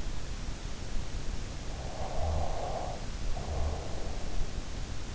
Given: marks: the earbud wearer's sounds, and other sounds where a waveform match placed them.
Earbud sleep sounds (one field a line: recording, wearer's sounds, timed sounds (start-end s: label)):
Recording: sounds in sleep by an in-ear microphone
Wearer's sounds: snoring breath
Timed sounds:
1.81-4.49 s: snoring breath